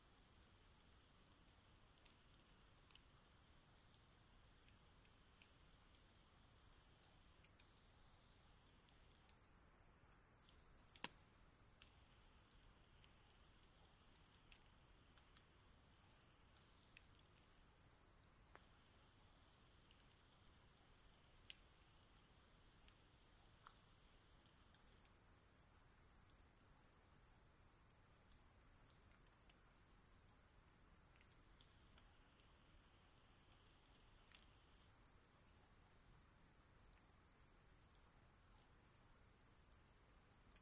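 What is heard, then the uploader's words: Quiet forest at dawn, with a steady soft hiss and a low rumble underneath. Faint, thin calls come and go every few seconds, and sparse sharp ticks like dripping water land now and then, one louder near eleven seconds. Twilight, Dawn, and Sunrise in the Olympic National Forest, on Rugged Ridge near Sitkum and Calawah Rivers. Species include: Western Screech Owl, Varied Thursh, Pacific Wren, American Robin. It rained last night and the moss-covered trees are still dripping in in the early light.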